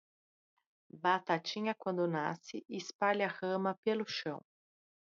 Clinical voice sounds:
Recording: short text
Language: Brazilian Portuguese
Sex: female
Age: 30 to 39 years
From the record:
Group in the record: control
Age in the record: 39 years

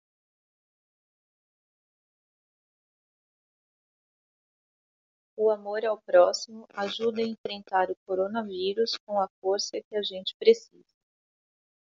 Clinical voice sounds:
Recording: spoken sentence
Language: Brazilian Portuguese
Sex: female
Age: 50 to 59 years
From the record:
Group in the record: control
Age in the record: 50 years

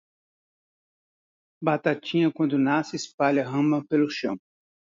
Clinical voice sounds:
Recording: short text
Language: Brazilian Portuguese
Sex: male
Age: 30 to 39 years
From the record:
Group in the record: control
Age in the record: 38 years

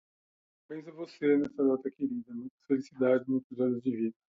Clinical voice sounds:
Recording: short text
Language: Brazilian Portuguese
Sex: male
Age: 40 to 49 years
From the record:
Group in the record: control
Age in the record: 48 years

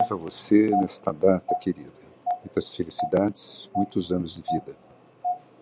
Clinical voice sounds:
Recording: short text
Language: Brazilian Portuguese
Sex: male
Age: 60 to 69 years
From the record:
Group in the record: control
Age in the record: 65 years

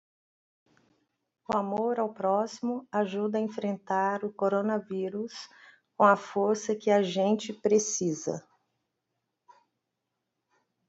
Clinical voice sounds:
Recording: spoken sentence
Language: Brazilian Portuguese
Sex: female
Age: 50 to 59 years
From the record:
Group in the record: control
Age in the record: 58 years

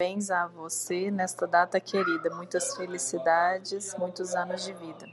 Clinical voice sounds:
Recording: short text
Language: Brazilian Portuguese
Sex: female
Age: 30 to 39 years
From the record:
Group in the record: control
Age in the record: 35 years

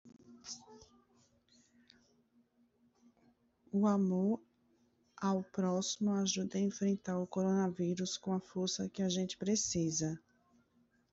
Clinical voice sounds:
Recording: spoken sentence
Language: Brazilian Portuguese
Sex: female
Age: 30 to 39 years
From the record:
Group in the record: control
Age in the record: 37 years

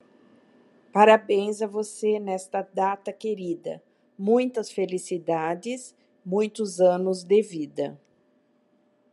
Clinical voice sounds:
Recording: short text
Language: Brazilian Portuguese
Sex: female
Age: 60 to 69 years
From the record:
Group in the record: control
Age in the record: 61 years

